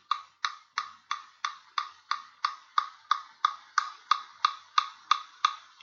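The free Android app Pro Metronome ticks at 180 beats per minute, a brisk, steady tempo of about three clicks per second. Roughly seventeen bright, sharp, evenly spaced clicks play on their own with no talking.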